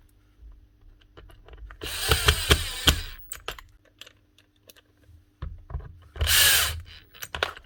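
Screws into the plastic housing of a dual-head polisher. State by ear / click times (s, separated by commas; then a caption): stripped / none. Screws are driven into the plastic housing of a Smartool dual-head polisher with a power driver, heard as two whirring bursts from about 1.8 to 3.1 s and 6.2 to 6.9 s with sharp ticks at 2.1, 2.3 and 2.5 s. The two side screws spin in stripped-out holes without gripping anything, so nothing has seated or clicked yet.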